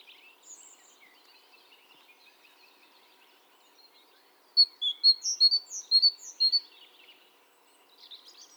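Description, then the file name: Great tit calls: a quick burst of sharp, high chirping notes in the middle, with fainter twittering before and a brief chatter at the end. "Parus major"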